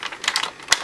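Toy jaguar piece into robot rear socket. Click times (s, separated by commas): 0.7 s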